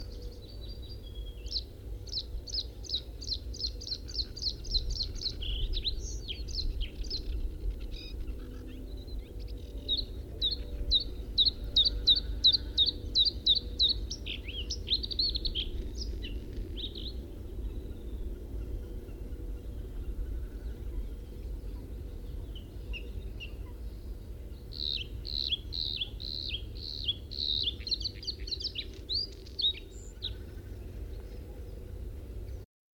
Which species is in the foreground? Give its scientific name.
Luscinia svecica